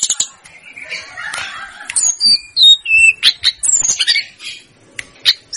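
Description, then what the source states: Snowy-browed flycatcher giving a varied string of short high whistles, some falling in pitch, mixed with scratchy chips and a soft grating sound early on. Masteran song for training cage birds.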